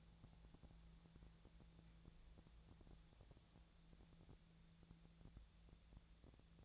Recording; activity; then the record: daily activity, microphone in the room; wipe stove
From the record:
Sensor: 3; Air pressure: 1000.6 hPa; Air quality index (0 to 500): 180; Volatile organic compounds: 4 ppm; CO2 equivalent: 1557 ppm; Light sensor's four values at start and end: 12/30/12/13 and 12/30/12/13